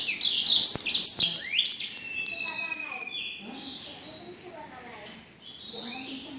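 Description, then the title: Black-throated canary delivering loud high trills and sweeps at first, then softer, slower phrases of buzzy notes and thin whistles. Exceptional black-throated canary from Jombang. "Burung blackthroat Istimewa dari Jombang"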